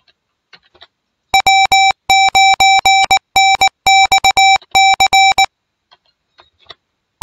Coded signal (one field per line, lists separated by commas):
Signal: Morse code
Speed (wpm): 19 wpm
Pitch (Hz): 780 Hz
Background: music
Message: W9NXC